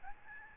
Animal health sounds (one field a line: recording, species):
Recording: mosquito wingbeat signal from an infrared sensor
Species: Aedes albopictus